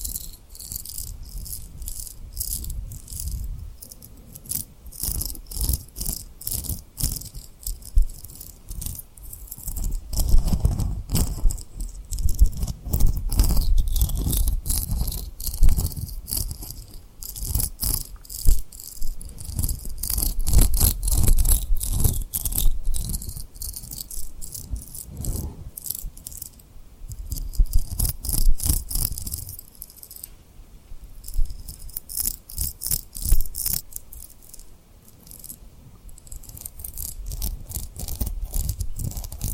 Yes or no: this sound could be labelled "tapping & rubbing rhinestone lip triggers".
yes